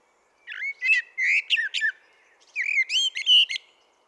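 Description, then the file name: Common blackbird with two short song phrases, each made of rich fluty whistles sliding up and down, mixed with higher scratchy notes, against silence. "Turdus merula"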